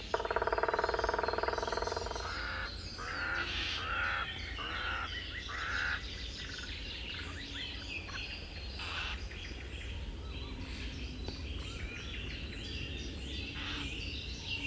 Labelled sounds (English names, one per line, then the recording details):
Great Spotted Woodpecker drumming
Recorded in the wild
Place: Ciucurova, Dobrogea, RO
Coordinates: 44.933, 28.483
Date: 1976-05-30
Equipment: Nagra III BH, Sennheiser MD 21, parabola
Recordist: Schubert, Michael